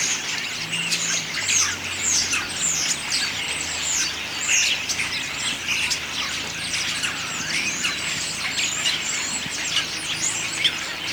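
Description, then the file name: Common starling song: ongoing squawky chatter, clicks and slurred whistles running the full length, with a faint low hum underneath. Autumn song. "spreeuw herfstzang"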